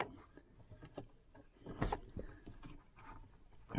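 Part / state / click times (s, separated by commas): CarPlay interface harness plug into the car's existing head-unit cable connector / seated / 1.9 s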